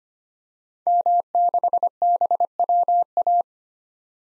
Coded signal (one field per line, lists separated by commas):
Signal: Morse code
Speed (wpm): 25 wpm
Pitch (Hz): 700 Hz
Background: none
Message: M6BWA